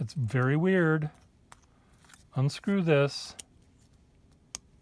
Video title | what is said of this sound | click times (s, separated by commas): learning things every day | put that on it snaps in place it's held on put this in | 4.6 s